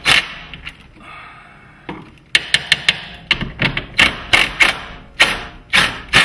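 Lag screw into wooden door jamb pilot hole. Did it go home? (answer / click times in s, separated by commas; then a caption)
no / 2.3 s, 2.5 s, 2.7 s, 2.9 s. An impact driver drives a lag screw into an existing pilot hole in a wooden door jamb, where the original garage door hardware was mounted, with sharp rattling impact bursts at 2.4, 2.5, 2.7 and 2.9 seconds followed by more bursts. The screw spins without biting, and the pilot hole is stripped out.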